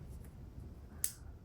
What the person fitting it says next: Oh, got a click.